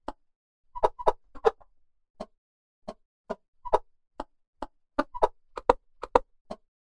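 Chicken clucking: quick, clipped clucks in loose clusters, some paired with short tonal peeps, spaced irregularly over a quiet background.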